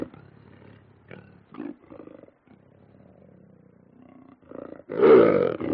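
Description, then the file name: Lion growling in a series of low, rough rumbling bursts with short pauses between them, ending in one loud, harsh snarl near the close. Growls and snarls. "audio hero Lion"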